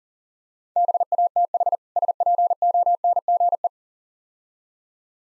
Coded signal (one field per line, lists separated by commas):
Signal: Morse code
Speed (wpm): 40 wpm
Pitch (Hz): 700 Hz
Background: none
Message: BATH SPONGE